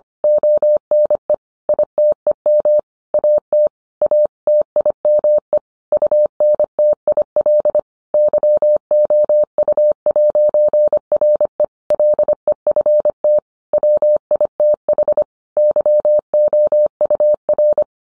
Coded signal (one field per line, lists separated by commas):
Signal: Morse code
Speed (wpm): 25 wpm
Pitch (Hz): 600 Hz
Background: none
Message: ONE ITEM AT A TIME UNTIL YOU'RE LEFT WITH YOUR